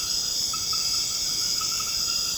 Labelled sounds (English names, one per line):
none